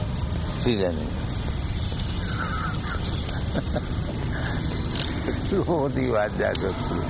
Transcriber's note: laughs